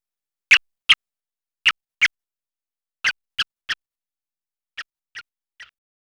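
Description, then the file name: Taipei frog giving short, sharp clicking notes, mostly in pairs or triplets with pauses of about a second between groups, fading toward the end; otherwise silent. "Rana taipehensis"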